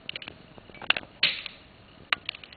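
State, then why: Seated. A plastic slide piece is pushed into the body of a six-wheeled Hot Wheels Battle Force 5 toy car, with light plastic taps and a short scraping rub at about 0.9 and 1.2 seconds. A sharp click at 2.1 seconds marks the part snapping shut and closed.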